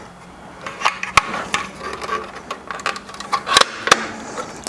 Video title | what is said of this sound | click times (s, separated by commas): Installing Rigid Adapt XP Lights on Uptop Overland Alpha Rack with Baja Designs LP6 Cutout CrewMax | they just snap into place real nice like that | 1.2 s, 3.9 s